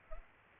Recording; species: mosquito wingbeat signal from an infrared sensor; Culex pipiens